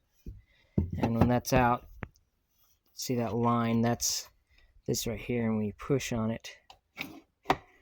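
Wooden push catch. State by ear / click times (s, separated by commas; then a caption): released / 7.5 s. Someone talks while pushing on a line on the wooden Rolls Royce puzzle box, releasing a push-release catch. The sliding tile drawer pops out with a sharp click at 7.5 s.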